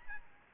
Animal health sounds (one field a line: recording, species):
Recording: mosquito wingbeat signal from an infrared sensor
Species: Aedes albopictus